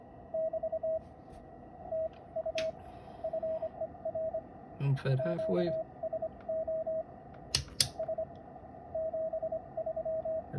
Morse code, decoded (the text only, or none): <BT> TU FER QSO S 73